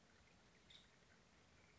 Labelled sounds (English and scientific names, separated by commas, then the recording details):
Nuttall's Woodpecker (Dryobates nuttallii)
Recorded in Sonoma County, California